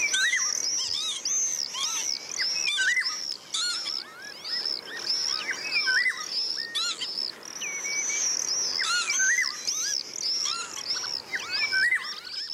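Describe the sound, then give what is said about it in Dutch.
Shrill, drawn-out screaming calls of common swifts ring out over a busy mix of other chirping and whistling birds, a dense high-pitched chorus that continues without pause; a mix of three bird species found on Texel. “Degene die mij het eerst opviel was de gierzwaluw. Die giert echt een skrie lange uithalen.”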